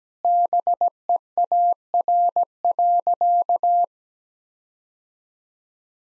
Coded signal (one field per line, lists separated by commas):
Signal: Morse code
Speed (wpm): 17 wpm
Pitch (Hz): 700 Hz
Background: none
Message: BEAR.